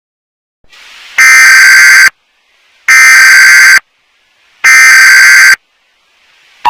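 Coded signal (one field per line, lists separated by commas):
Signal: Emergency Alert System (SAME) tones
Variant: header bursts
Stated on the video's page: Fictional EAS scenario about a tornado hitting Detroit.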